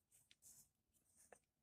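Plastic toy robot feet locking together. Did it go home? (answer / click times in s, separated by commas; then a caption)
no / none. A plastic Transformers Power of the Primes Dreadwind robot toy is being handled while it is transformed into jet mode, its two feet being pushed together so they snap and lock. Soft plastic rubbing and scraping is heard, with brief light taps near 0.3 s and 1.3 s. Nothing has seated or clicked yet.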